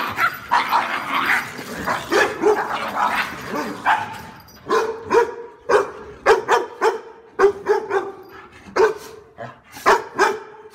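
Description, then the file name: Dog barks, at first muffled amid noise, then rapid, uneven bursts of sharp barks and yips. "Tieng cho sua"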